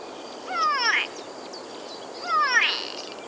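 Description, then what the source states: Grey go-away-bird alarm call: two nasal calls about two seconds apart, each ending in a harsh burst. Alarm call sounding like 'go-away', used by the birds to warn each other; heard in the Serengeti savanna, bird in a tree.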